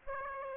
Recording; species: mosquito wingbeat signal from an infrared sensor; Aedes aegypti